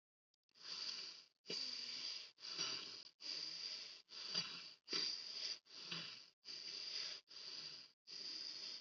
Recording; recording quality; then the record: deep breathing; excellent, no background noise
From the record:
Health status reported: healthy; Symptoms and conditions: none ticked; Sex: female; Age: 20 years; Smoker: not ticked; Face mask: not worn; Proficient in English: yes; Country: India